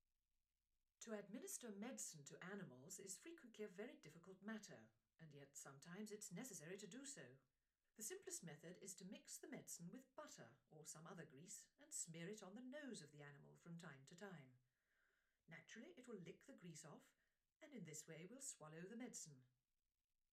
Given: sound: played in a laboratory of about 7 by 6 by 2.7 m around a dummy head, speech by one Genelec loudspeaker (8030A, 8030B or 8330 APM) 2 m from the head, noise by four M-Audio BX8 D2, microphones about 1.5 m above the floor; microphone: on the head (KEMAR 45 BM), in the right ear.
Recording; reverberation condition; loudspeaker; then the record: female speech in English; low; 120 degrees to the right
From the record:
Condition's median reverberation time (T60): about 310 ms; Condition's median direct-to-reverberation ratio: about 3.5 dB